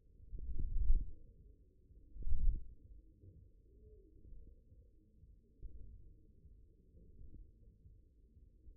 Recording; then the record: forearm muscle sounds (acoustic myography)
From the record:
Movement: index flexion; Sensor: system 1, eight BSWA MPA416 microphones around the upper forearm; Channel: 5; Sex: male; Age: 54 years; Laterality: right